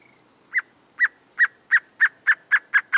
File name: Canto do choca do acre